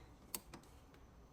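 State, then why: Seated. The interlocking safety arm of a GDOR large capacity centrifugal juicer is swung over the lid and locked onto the lid and base, giving a sharp click at 0.4 s. Two fainter ticks follow at about 0.5 s and 0.9 s over a low, steady background. The arm seats and locks in place.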